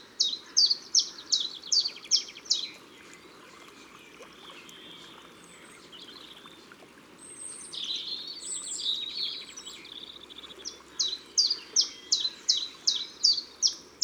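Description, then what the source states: Common chiffchaff song, steady series of crisp, falling notes at start and end, with another bird's twittering and a soft hiss between. Recorded in Ardèche, France.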